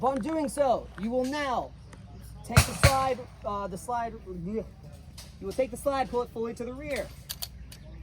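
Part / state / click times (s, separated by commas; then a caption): pistol slide catching on the slide stop / seated / 7.4 s. Someone talks while the slide of an M17 pistol with an empty magazine inserted is pulled fully to the rear. The slide catches on the slide stop and locks automatically with a sharp mechanical click at 7.4 s.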